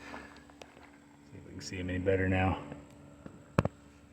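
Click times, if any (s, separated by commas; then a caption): 3.6 s, 3.7 s. A plastic grille on a Ford Excursion/F250/F350 truck is slid back in through the top, and its two retaining clips are lined up and pushed into the truck's front structure. Someone talks, then two sharp clicks at 3.6 s and 3.7 s mark the clips snapping into place, fully seated.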